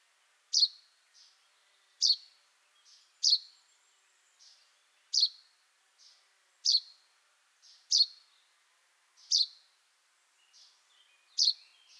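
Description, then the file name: Common chaffinch repeating a crisp, high-pitched call note roughly every one to two seconds, with quieter short notes in between. "Fringilla coelebs"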